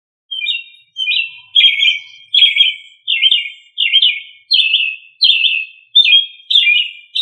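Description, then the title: Thrush repeating a short, slurred, chirping phrase many times in a steady series, clear against a quiet background. "Familia Turdidae - Sabia"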